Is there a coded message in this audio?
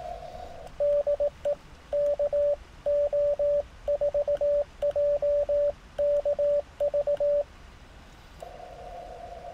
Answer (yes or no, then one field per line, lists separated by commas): yes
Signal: Morse code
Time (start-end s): 0.8-7.4 s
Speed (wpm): 17 wpm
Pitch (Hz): 580 Hz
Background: radio noise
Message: DE KO4JKV